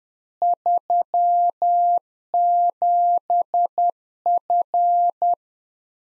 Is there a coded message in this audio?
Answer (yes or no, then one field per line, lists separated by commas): yes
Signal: Morse code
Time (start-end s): 0.4-5.3 s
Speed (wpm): 10 wpm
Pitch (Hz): 700 Hz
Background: none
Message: 37F